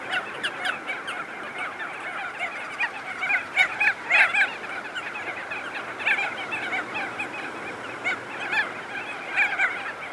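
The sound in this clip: Crested auklets giving rapid, irregular nasal honks in a crowded chorus, with louder bursts near four seconds and again toward the end.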